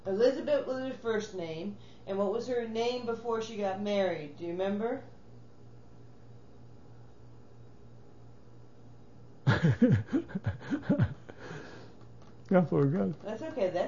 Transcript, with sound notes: Elizabeth was her first name and what was her name before she got married, do you remember?
(he laughs) I forgot.
That's okay.